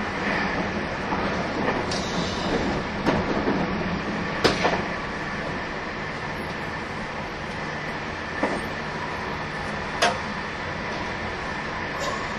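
A train runs steadily along the track, a continuous low rumble with a faint whine held high above it. Sharp clicks and knocks cut through at about 2, 3, 4.5, 8.5 and 10 seconds, likely wheels passing rail joints.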